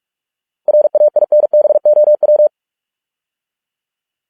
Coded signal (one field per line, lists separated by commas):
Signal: Morse code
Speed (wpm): 46 wpm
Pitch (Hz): 600 Hz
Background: none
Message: RAINBOW